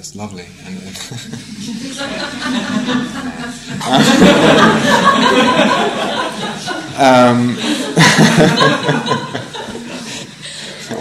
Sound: laughter

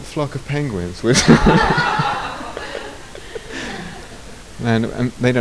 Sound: laughter

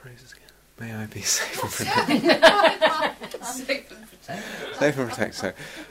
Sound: laughter

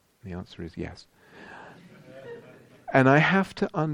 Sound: laughter

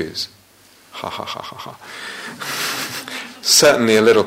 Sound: laughter

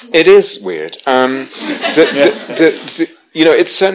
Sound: laughter

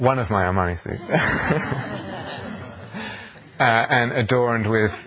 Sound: laughter

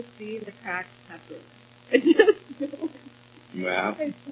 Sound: chuckles

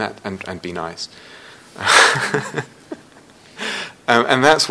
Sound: laughs

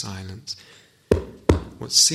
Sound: knocks twice on a hard surface

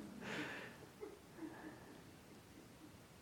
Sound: laughs

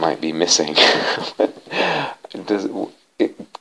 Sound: laughs

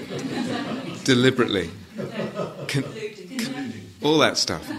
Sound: yogis offer words in background, laughter

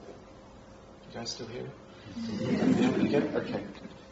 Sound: laughter

